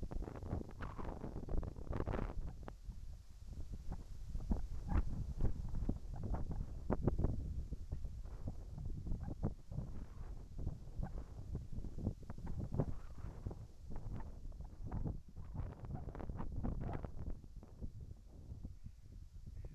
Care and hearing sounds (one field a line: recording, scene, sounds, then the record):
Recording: everyday scene through a hearing-aid microphone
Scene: wind on the microphone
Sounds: wind, whistling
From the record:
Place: in front of a rural house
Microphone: behind the ear, right, front